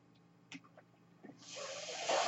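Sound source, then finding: Home mechanical ventilator. Mechanical ventilator breath cycle.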